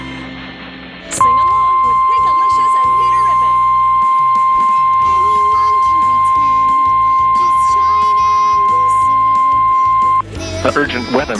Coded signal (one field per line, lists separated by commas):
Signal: Emergency Alert System (SAME) tones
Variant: 1050 Hz attention tone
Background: speech, music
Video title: EAS Alert Tornado Watch for Portage and Summit County in Ohio on WVIZ PBS Kids Channel (25-5)